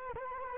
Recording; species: mosquito wingbeat signal from an infrared sensor; Culex quinquefasciatus